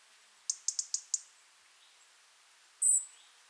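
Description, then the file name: European robin giving a quick run of five sharp, very high ticks, then a single thin, drawn-out high whistle after a short pause. "Erithacus rubecula"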